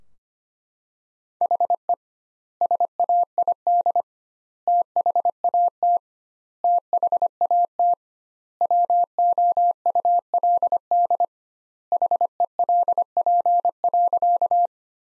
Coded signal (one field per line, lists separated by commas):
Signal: Morse code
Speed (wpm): 25 wpm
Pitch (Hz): 700 Hz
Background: none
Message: HE SAID THAT THAT WOULD HELP.